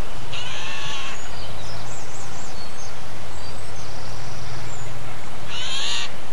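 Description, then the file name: Eurasian jay screeching twice, each rasp short and grating, separated by about five seconds of low engine rumble and faint high chirps from small birds. Heard alongside a tractor on 10 April 2007, captured with an MZ-N710 recorder. "MZ-N 710 Geai et tracteur 10 04 07"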